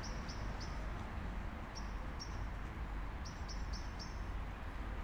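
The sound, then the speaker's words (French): Birds chirp at nightfall in short, high, thin notes, coming in quick pairs and small clusters, over a steady low rumble that fills the background. “Même des oiseaux.”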